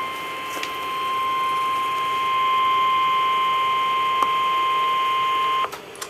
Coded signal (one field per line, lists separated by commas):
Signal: Emergency Alert System (SAME) tones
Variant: 1050 Hz attention tone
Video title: Special Marine Warning (EAS #999!)